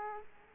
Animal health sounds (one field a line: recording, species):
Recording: mosquito wingbeat signal from an infrared sensor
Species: Culex quinquefasciatus